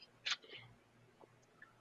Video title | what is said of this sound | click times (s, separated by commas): FIGGAH BANGIN' - S3/EP15 - Transformers Masterpiece MP-52 Starscream 2.0 | You got to push it until it clicks, and then it locks in. | 0.3 s